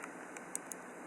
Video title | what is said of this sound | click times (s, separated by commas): Sony Cyber-shot DSC-HX5V | and you'll hear that it snaps in place. | 0.5 s